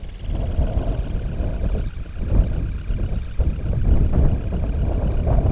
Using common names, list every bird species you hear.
Dunlin